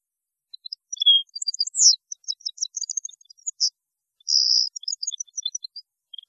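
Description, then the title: European goldfinch song with scattered high twitters, a short downward slur, and a drawn-out buzzy note near the end among tinkling notes. "Chant Chardonneret"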